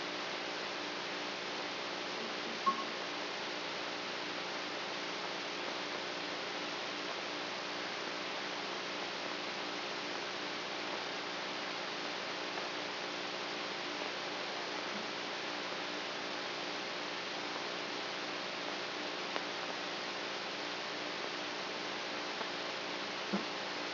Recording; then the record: brain microelectrode recording played as sound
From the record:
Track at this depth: inside the subthalamic nucleus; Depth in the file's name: 4.503 mm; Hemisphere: right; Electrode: 3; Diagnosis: Parkinson's disease